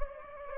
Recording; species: mosquito wingbeat signal from an infrared sensor; Anopheles gambiae